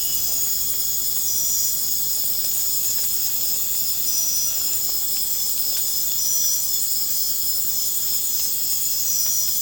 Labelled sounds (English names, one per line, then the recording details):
none
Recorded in pastures near Puerto Asís, Putumayo, Colombia, on 30 June 2025 at 00:30
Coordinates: 0.496, -76.326
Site GP01